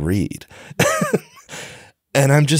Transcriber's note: laughs